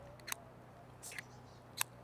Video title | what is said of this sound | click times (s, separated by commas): IKIGAI Nano Pill Case Review The Best Premium EDC Pill Case | You see that? They lock in place. | 0.3 s, 1.8 s